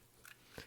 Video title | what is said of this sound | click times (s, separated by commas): MPP10 Optimus Prime Review - Wei Jiang Oversize KO Transformers | so now it's locked in | 0.3 s